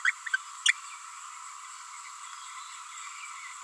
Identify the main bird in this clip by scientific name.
Forpus passerinus